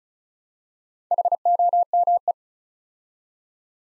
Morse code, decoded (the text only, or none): HOME